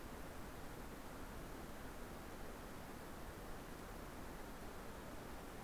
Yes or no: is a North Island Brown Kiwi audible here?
no